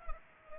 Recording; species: mosquito wingbeat signal from an infrared sensor; Culex pipiens